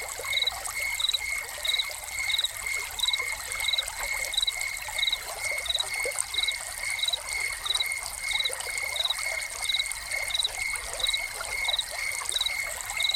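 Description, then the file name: Crickets giving regular short trilled chirps alongside a steady pulsing line, set against continuous splashing fountain-like water. Crickets recorded together with a fountain as a soundscape. "Crickets and Fountain"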